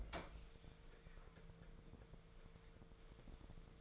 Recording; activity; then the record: daily activity, microphone in the room; open fridge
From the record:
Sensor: 5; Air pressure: 1015.0 hPa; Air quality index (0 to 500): 185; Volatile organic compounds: 7 ppm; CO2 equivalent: 2036 ppm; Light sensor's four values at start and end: 52/121/50/52 and 54/124/52/55